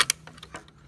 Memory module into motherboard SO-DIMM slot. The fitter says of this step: snap right in no problem now